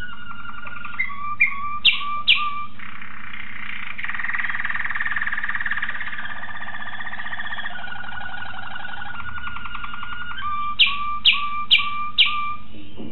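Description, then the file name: Waterslager canary singing: a few falling drip-like notes, then a long gurgling, bubbling roll, ending with another run of sharp descending notes; faint low hum throughout. Song variations of a Waterslager canary. "variasi suara kenari waterslager"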